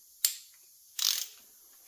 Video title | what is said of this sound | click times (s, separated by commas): Kawasaki FR730V Engine Build Cylinder Heads part 3 | 1, 2, 3, 4. You'll hear a click. | 0.2 s